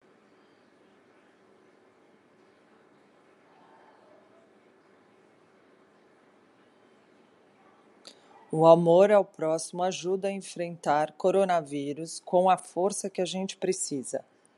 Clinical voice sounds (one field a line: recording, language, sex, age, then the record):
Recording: spoken sentence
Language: Brazilian Portuguese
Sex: female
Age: 40 to 49 years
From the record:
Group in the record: control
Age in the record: 47 years